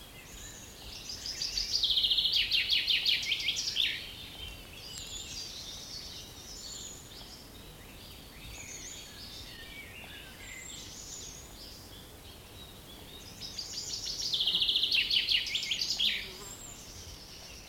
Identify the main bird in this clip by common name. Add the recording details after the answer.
Common Chaffinch. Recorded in the wild. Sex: male. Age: adult. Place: Mühlenbeck, Brandenburg, DE. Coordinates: 52.667, 13.37. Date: 1992-05-23 11:43. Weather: 23-24°C, böiger Wind. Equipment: Nagra SN, Mikrofon AKG CK 8, Kopie Tesla B 116. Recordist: Tembrock, Günter. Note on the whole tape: Mühlenbecker Wald bei Schloß Dammsmühle; Gesang (ca. 18 Strophen, 2 Haupttypen)